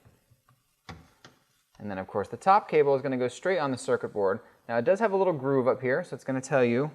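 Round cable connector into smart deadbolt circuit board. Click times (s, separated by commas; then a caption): 0.9 s. The round ribbon cable from the exterior side of a Kwikset Kevo smart deadbolt is pushed into its socket on the interior unit's circuit board, seating with a short, sharp snap at 0.9 s. Faint ticks come just before and after, then someone talks.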